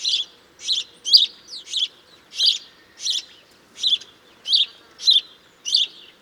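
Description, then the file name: House sparrow chirping, a string of short harsh chirps repeated in a steady series. "Passer domesticus"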